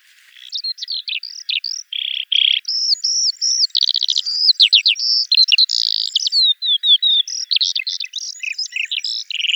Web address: songs alauda arvensis call